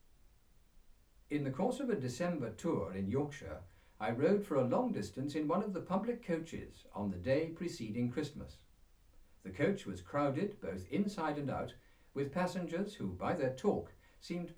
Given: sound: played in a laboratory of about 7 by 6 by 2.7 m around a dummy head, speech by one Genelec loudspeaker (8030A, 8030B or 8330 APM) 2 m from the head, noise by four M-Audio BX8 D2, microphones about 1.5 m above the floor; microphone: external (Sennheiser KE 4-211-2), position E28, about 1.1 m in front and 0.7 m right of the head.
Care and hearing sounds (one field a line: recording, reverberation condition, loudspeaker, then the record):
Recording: male speech in English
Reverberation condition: low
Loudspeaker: 90 degrees to the left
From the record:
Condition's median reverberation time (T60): about 310 ms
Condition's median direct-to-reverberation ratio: about 3.5 dB